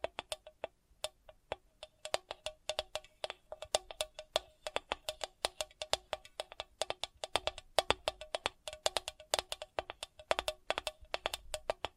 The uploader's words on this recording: ASMR Sensitive Tapping (No Talking).